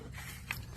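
A wiring harness connector is pressed onto a diesel fuel injector on a 2003 6.0L Powerstroke, with a sharp click at 0.5 s against a low steady hum. Pushing down on the connector clip pops its bottom out, because it was not seated all the way, so it is then reseated; the connection is only partly made.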